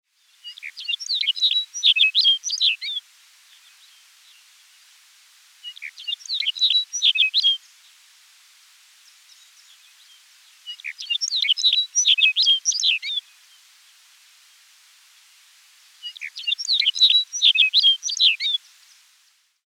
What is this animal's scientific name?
Calcarius lapponicus